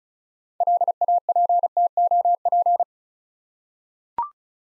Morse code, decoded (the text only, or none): LAPTOP